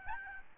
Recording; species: mosquito wingbeat signal from an infrared sensor; Aedes albopictus